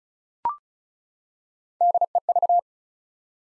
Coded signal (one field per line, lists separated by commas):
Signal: Morse code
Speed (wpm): 34 wpm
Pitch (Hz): 700 Hz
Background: none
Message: DEV